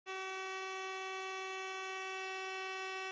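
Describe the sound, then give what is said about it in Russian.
A factory garage horn blares in one long, unbroken blast, a loud steady tone with a rich buzzing edge of overtones that starts abruptly and holds at full strength without wavering. “Проснулся по гаражному гудку, по привычке.”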